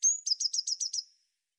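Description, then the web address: Eurasian blue tit call, a single high thin drawn-out note followed by a quick run of six buzzy notes, nothing else audible. "cianscape birddata Deverinetal 2025 File cleaned normalized Bird Cy Ca"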